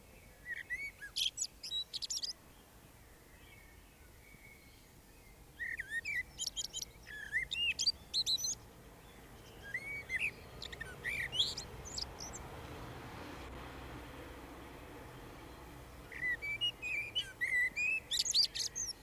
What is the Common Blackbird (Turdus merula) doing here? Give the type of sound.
song